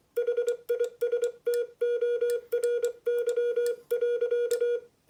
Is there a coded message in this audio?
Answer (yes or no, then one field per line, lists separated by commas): yes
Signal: Morse code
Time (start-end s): 0.2-4.8 s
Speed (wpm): 24 wpm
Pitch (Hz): 480 Hz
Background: none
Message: HISTORY.